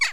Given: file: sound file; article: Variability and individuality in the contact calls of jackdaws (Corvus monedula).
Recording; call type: jackdaw call; harmonic